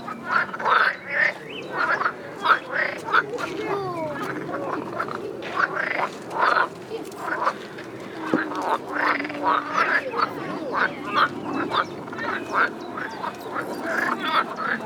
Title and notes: Amsterdamer Str. 52, 50735 Köln, Deutschland - Quackende Frösche. quacking frogs. Köln, Flora, Botanischer Garten, Teich, Frösche, Cologne, Botanical Garden, Pond, Frogs